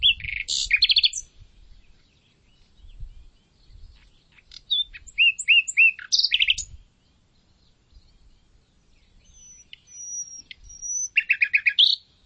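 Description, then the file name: Common nightingale song with bursts of rapid chirps, whistles and a long thin high whistle, plus faint low rumbles in the background. "Luscinia megarhynchos"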